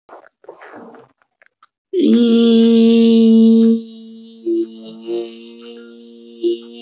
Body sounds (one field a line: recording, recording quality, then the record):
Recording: sustained vowel as in beet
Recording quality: excellent, no background noise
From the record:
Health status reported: recovered from COVID-19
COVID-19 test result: negative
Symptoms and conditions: breathing difficulty, hypertension, ischaemic heart disease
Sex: female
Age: 53 years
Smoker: not ticked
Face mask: worn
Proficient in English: yes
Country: India